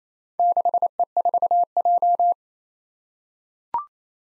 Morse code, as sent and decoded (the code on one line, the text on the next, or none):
-.... . ....- .---
6E4J